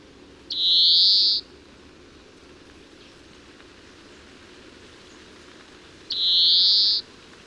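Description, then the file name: European greenfinch giving two long nasal wheezes, each close to a second, roughly five seconds apart, with quiet in between. "Chloris chloris"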